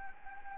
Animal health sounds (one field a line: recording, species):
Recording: mosquito wingbeat signal from an infrared sensor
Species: Anopheles gambiae